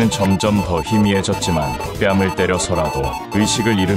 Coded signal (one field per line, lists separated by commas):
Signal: Morse code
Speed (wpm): 26 wpm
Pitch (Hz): 880 Hz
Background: speech, music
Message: HELP HELP